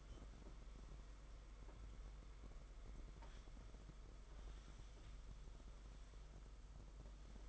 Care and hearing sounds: daily activity, microphone in the room; wipe stove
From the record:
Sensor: 5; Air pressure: 991.6 hPa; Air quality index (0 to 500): 125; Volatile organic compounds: 54 ppm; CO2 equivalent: 3352 ppm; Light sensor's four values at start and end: 35/106/42/45 and 32/95/38/40

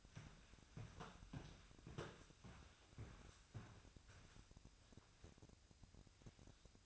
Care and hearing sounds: daily activity, microphone in the room; walk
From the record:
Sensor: 2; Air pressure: 1001.6 hPa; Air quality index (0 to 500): 227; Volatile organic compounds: 26 ppm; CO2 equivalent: 2856 ppm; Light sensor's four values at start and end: 9/29/11/11 and 9/29/11/11

